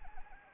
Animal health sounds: mosquito wingbeat signal from an infrared sensor; Anopheles arabiensis

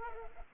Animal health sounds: mosquito wingbeat signal from an infrared sensor; Culex pipiens

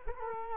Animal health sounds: mosquito wingbeat signal from an infrared sensor; Culex quinquefasciatus

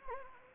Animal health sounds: mosquito wingbeat signal from an infrared sensor; Anopheles gambiae

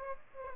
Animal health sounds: mosquito wingbeat signal from an infrared sensor; Aedes aegypti

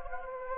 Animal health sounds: mosquito wingbeat signal from an infrared sensor; Anopheles gambiae

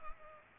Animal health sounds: mosquito wingbeat signal from an infrared sensor; Culex pipiens

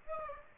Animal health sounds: mosquito wingbeat signal from an infrared sensor; Aedes aegypti

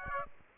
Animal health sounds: mosquito wingbeat signal from an infrared sensor; Aedes aegypti

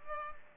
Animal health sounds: mosquito wingbeat signal from an infrared sensor; Culex pipiens

